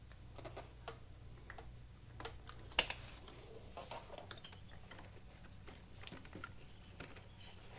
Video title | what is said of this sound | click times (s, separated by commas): SP Concepts 2 into 1 Lane Splitter Exhaust Install on Harley Davidson Street Bob 114 | rear O2 sensor make sure you hear that little click then | 2.8 s